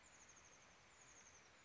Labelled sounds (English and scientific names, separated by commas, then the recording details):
Oak Titmouse (Baeolophus inornatus)
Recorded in Sonoma County, California